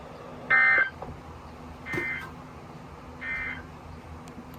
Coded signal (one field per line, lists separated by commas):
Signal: Emergency Alert System (SAME) tones